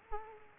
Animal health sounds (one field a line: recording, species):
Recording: mosquito wingbeat signal from an infrared sensor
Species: Culex quinquefasciatus